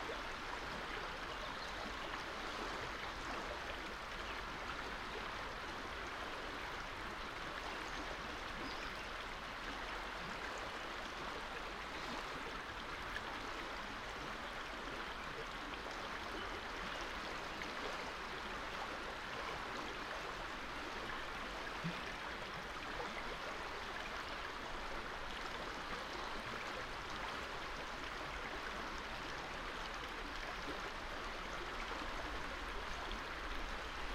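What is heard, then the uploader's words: Water flows steadily downstream of an old mill, a dense, even rush that holds the same level for the full half-minute. The sound sits in the middle and upper range with little deep rumble, and no separate splashes or other sounds break through. Downstream of the old mill. Melodic, rather than white noise. Listening, to the rilling water as it flows through the water meadow. This recording is one segment from a twelve hour overnight capture we made a couple of weeks ago, from a new location.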